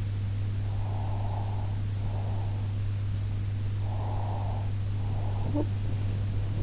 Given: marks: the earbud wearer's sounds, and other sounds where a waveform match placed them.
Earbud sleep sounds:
sounds in sleep by an in-ear microphone; breath, talking in sleep
0.59-2.79 s: breath
3.82-5.62 s: breath
5.45-5.88 s: talking in sleep

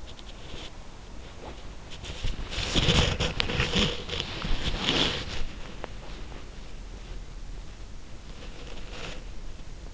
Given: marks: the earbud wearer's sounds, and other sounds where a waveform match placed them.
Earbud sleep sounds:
sounds in sleep by an in-ear microphone; body movement, teeth grinding
0.00-7.08 s: body movement
5.68-6.30 s: teeth grinding
8.17-9.46 s: body movement

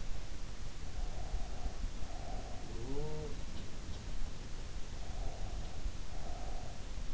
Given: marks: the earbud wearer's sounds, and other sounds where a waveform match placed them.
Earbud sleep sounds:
sounds in sleep by an in-ear microphone; breath
0.85-2.72 s: breath
2.91-3.46 s: sound from someone else or the room
4.92-6.83 s: breath

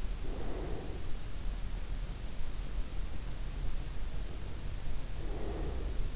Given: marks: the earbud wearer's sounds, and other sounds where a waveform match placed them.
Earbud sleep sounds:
sounds in sleep by an in-ear microphone; breath
0.17-1.24 s: breath
5.17-6.15 s: breath

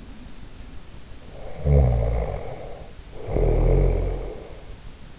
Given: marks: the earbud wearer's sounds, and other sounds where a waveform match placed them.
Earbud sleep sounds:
sounds in sleep by an in-ear microphone; snoring breath
0.00-0.71 s: sound from someone else or the room
1.23-4.55 s: snoring breath

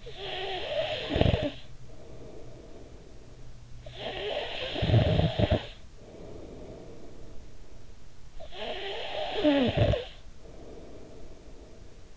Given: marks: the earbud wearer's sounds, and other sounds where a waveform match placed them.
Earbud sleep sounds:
sounds in sleep by an in-ear microphone; snoring breath
0.00-8.13 s: snoring breath
8.31-12.17 s: snoring breath

